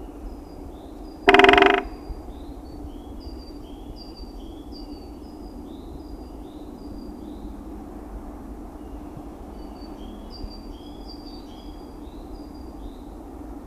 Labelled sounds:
Great Spotted Woodpecker drumming

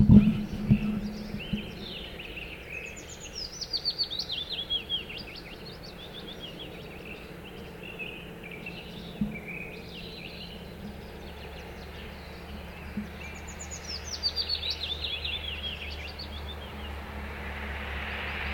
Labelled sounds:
Willow Warbler song

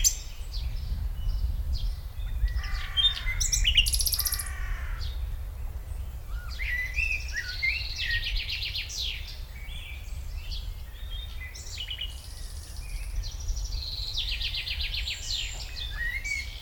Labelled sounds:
Common Nightingale song

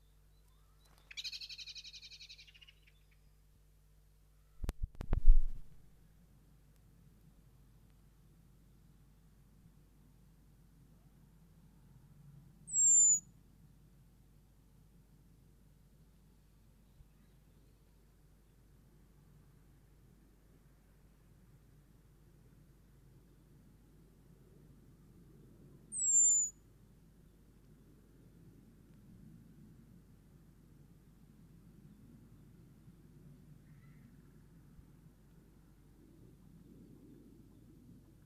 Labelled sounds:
Common Blackbird call

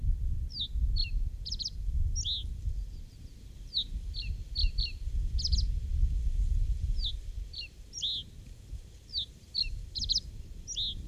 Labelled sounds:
Reed Bunting song

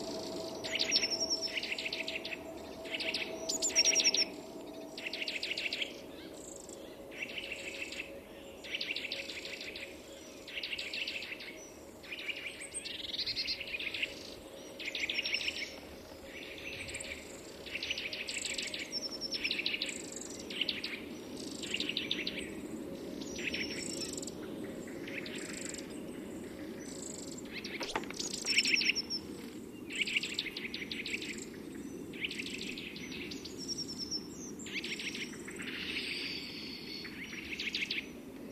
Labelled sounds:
Eurasian Wren call

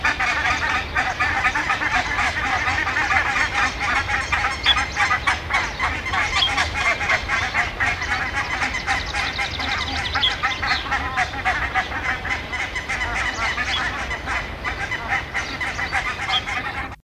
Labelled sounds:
Barnacle Goose call

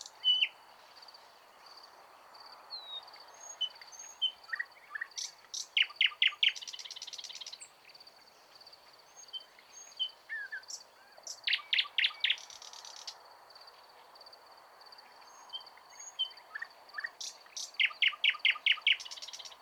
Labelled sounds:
Thrush Nightingale song

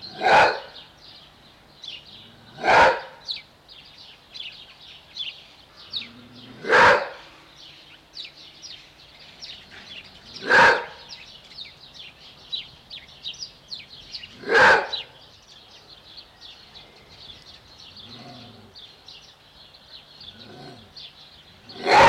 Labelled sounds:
Maned Wolf

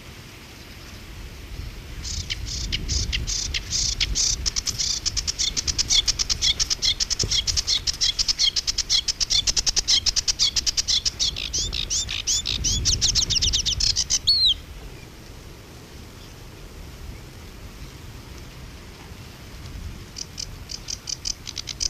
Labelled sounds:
Sedge Warbler song

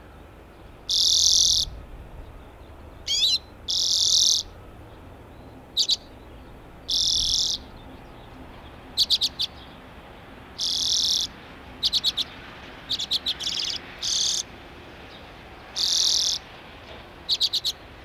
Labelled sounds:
Common Redpoll call

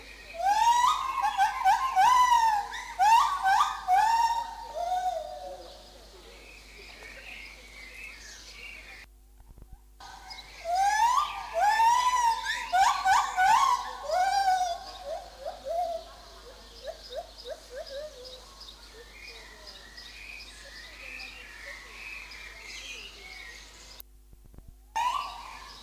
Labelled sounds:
Lar Gibbon

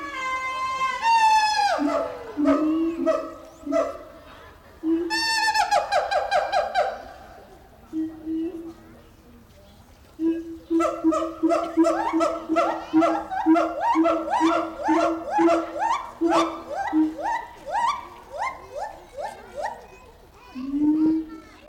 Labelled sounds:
Siamang call

